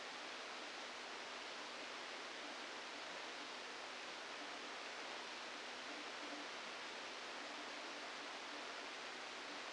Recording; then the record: brain microelectrode recording played as sound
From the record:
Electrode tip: inside the subthalamic nucleus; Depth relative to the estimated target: -3 mm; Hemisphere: left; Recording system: NeuroSet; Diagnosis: Parkinson's disease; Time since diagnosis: 27 years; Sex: male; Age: 62 years